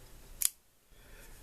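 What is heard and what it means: The steel blade of a Model16-03DB assisted-opening folding knife is opened with a push, and its dead bolt lock engages with one sharp, bright snap at 0.5 s. The snap stands out against quiet handling noise, and the blade is locked in place.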